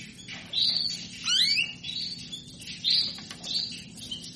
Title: Canto Para Esquentar Canário Belga. Suara burung kenari betina minta kawin